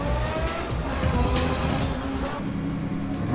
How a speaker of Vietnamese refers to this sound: Tự Nhất Dân và những chiếc xe cảnh sát hoàn toàn không ngờ tới chiêu này của Lâm Hải, lần lượt phanh gấp, đột ngột quay đầu xe.